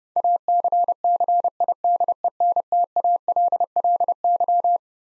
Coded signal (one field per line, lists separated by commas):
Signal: Morse code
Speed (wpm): 30 wpm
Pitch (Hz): 700 Hz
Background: none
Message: ACCIDENTALLY